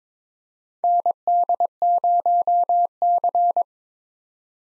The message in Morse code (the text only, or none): ND0C